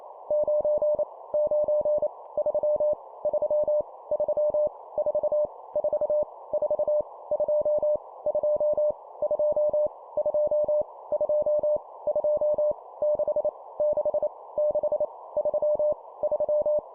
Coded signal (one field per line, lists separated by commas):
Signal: Morse code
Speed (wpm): 28 wpm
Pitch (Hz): 600 Hz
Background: none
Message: 9 9 3 3 3 4 4 4 2 2 2 2 2 2 6 6 6 3 3